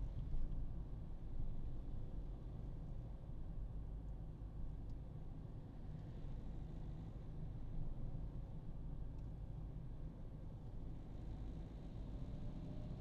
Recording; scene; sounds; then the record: everyday scene through a hearing-aid microphone; in a vehicle; engine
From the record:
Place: Berlingo II, diesel engine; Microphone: in the ear canal, right